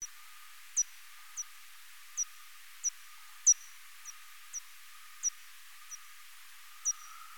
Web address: Miniopterus australis